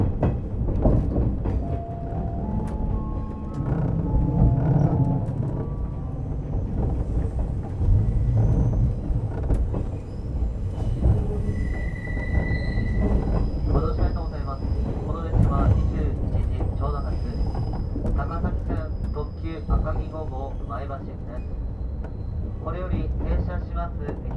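Inside the limited express train Akagi, a steady low rumble runs throughout at an even level. Short whining tones rise and fall in the first few seconds, and thin high tones ring briefly around the middle and later. Voices murmur beneath the rolling noise.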